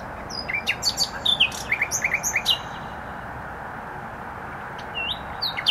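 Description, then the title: Nightingale song with piping whistles and down-slurred notes in a quick varied sequence, a pause, then more whistles, over road noise. Singing in bushes close to a noisy motorway, Trasa Toruńska, Bródno-Podgrodzie, Warsaw, Poland; recorded on an Olympus LS-11. "Bródno-Podgrodzie, Warszawa, Polska - Trasa Toruńska Nightingale"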